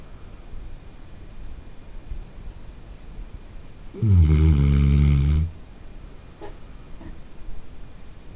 Snoring in the middle of the night.